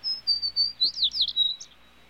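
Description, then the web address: Sparrow song: a few thin, high notes, then a quick tumble of sharp, slurred chirps that settles on a steady note, about two seconds in all. "bird sparrow sparrow calls animal"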